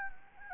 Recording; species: mosquito wingbeat signal from an infrared sensor; Anopheles gambiae